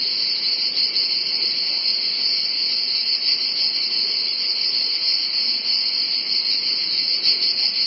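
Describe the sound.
Cicadas in a continuous, steady high buzzing chorus with a fainter lower band beneath, unbroken for the whole stretch.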